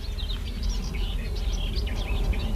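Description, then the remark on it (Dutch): A sedge warbler sings a continuous, rapid jumble of scratchy chatters and sharp high-pitched notes, moderately loud, over a steady low rumble, with no one speaking. “Ja, rietzanger.”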